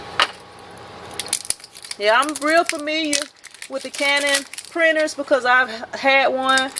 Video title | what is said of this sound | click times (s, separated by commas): New Printer Needed | press it down and you can hear a snap yeah | 0.2 s